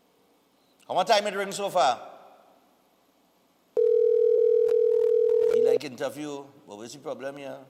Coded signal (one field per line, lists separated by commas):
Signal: telephone call progress tone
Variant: North America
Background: speech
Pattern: ringback tone